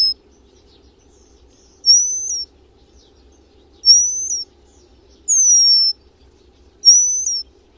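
Bird calling with high, thin whistled notes, most rising slightly then dropping at the end, repeated about every one and a half to two seconds, with no other sounds.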